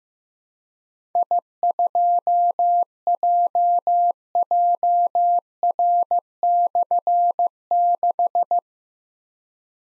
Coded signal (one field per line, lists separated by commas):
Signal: Morse code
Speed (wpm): 15 wpm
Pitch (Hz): 700 Hz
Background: none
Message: I2JJR/6